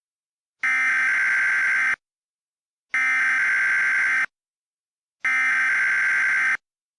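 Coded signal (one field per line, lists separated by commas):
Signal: Emergency Alert System (SAME) tones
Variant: header bursts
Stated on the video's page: Mock (simulated) EAS alert.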